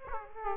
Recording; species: mosquito wingbeat signal from an infrared sensor; Aedes aegypti